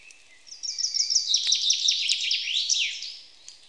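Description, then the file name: Common chaffinch song: one fast, descending run of repeated notes that ends in a brief flourish, with a few clicks in the background. "Fringilla coelebs"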